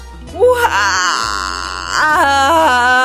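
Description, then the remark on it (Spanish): A voice in a told story imitates a little elephant crying in pain after a crocodile pulls its nose: a loud, drawn-out wailing moan that bends up and down in pitch, then breaks into a second wavering cry. “Y grita el elefante de dolor.”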